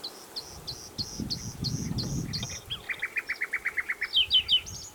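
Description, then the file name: Common nightingale song: a row of high repeated notes, then a quick series of lower repeated chirps and a few sharp, loud whistled notes, with low rumble underneath. "Luscinia megarhynchos"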